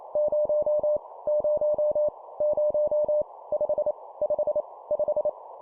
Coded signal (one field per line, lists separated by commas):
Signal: Morse code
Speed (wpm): 28 wpm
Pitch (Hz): 600 Hz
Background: none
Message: 0 0 0 5 5 5